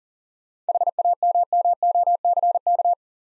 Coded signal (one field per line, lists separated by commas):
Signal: Morse code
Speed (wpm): 46 wpm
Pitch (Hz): 700 Hz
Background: none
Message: HAMMOCK